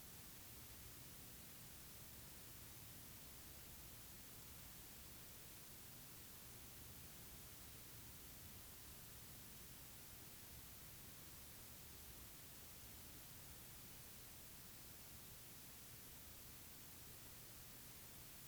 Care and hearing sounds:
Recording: daily activity, guitar pickup as the sensor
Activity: lie down

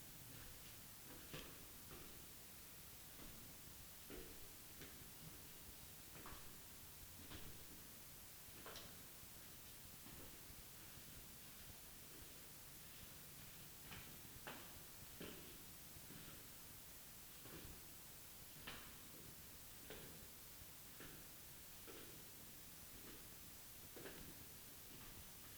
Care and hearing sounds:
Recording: daily activity, guitar pickup as the sensor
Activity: go downstairs

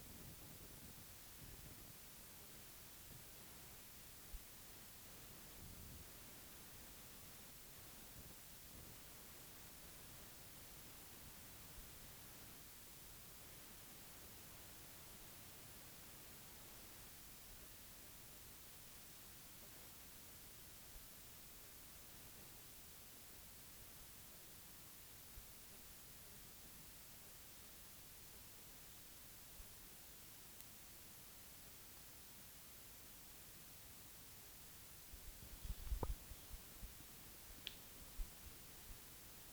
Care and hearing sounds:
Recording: daily activity, guitar pickup as the sensor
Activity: sit

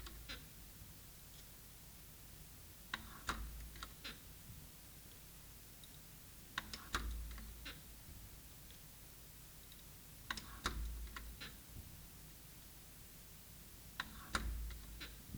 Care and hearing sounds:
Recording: daily activity, guitar pickup as the sensor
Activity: manipulate door

